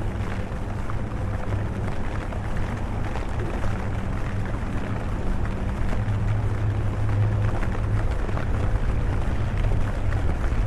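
A walk through London in the rain: a steady, dense wash of rain hiss and low traffic rumble fills the whole stretch without a break. A deep engine drone holds underneath, swelling around the middle and again near the end, with faint scattered clatter throughout.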